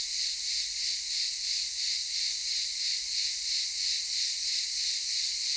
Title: Ulupınar Mahallesi, Çıralı Yolu, 07980 Kemer/Antalya, Turkey - Cicadas daytime